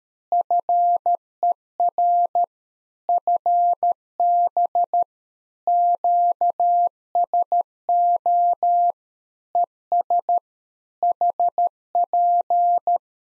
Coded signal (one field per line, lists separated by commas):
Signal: Morse code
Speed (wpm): 13 wpm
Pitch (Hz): 700 Hz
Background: none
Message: FER FB QSO ES HP